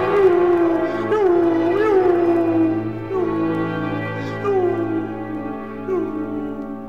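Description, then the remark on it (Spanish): A wolf, fleeing after being stabbed with a knife, howls in one long, unbroken cry, its mid-pitched tone wavering and swelling upward several times before sliding back down, loud and mournful throughout. “Sacó el cuchillo y le asestó al lobo tan terribles cuchilladas que éste escapó aullando con el rabo entre las patas.”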